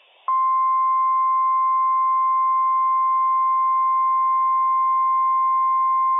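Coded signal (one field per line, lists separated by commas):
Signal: Emergency Alert System (SAME) tones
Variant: 1050 Hz attention tone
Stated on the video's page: Required Weekly Test issued by the National Weather Service, received on NOAA weather radio station WWF56.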